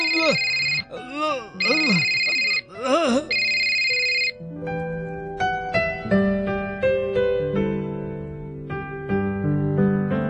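A telephone rings through an outgoing call: three or four bright electronic trilling bursts repeat with short gaps, then the ringing gives way to a plinking, tuneful melody.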